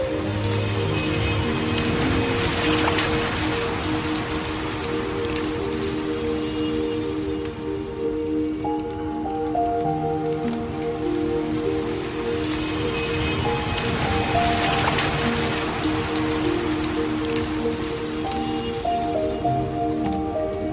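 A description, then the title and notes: Gentle piano plays over the steady hiss of a soft water stream that sounds almost like rain. Low sustained chords hold throughout, with a few higher notes drifting in around eight seconds and again near seventeen. The water swells slightly around three and fifteen seconds. Dreamy mixes of Relaxing Piano Music and the soothing flow of a Soft Water Stream. The rhythmic rising and falling sounds of a tranquil waterfall. Relaxing Piano and Tranquil Water Sounds.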